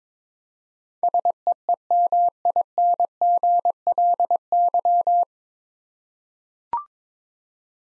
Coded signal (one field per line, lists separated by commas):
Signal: Morse code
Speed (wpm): 22 wpm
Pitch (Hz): 700 Hz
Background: none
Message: SEEMINGLY